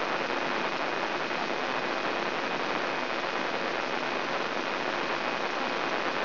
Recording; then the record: brain microelectrode recording played as sound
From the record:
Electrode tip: inside the subthalamic nucleus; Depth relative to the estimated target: 0 mm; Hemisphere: right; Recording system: AlphaMap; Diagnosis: Parkinson's disease